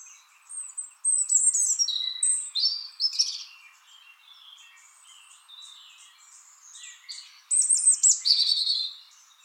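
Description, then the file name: European robin song: two bursts of high, thin, tumbling warbled phrases with sweet whistles and fast twittering, separated by a quieter stretch of soft notes. "Erithacus rubecula"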